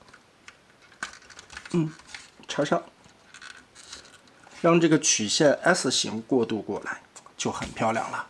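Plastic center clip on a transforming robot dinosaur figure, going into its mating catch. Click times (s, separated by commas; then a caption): 1.0 s. A plastic center clip on a transforming robot dinosaur figure is pressed along its ball joints into its mating catch during the transformation. It snaps into place with a sharp plastic click at 1.0 s, among a few fainter small clicks. Someone talks through the rest of the clip.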